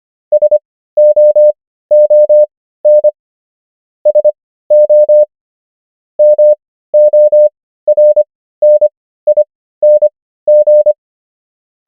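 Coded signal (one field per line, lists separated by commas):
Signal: Morse code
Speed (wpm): 25 wpm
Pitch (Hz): 600 Hz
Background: none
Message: SOON SO MORNING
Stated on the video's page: Morse practice of the 500 most common English words, 25 wpm character speed with 15 wpm Farnsworth word speed.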